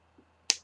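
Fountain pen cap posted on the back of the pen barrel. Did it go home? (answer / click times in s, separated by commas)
yes / 0.5 s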